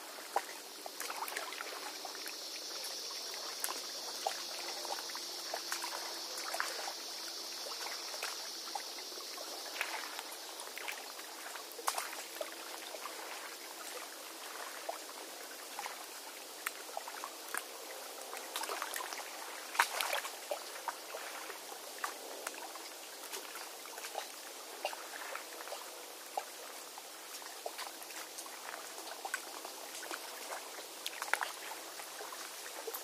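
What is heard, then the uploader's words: A lakeside afternoon with small water sounds lapping and clicking, steady throughout with a few sharper knocks around twelve and twenty seconds. For the first ten seconds a thin high whine hangs over the scene, and there is a faint low drone. Lakeside Lounge (Nature Sounds for Relaxation, Meditation, and Deep Sleep). Relaxing lake atmosphere recorded on a beautiful fall afternoon.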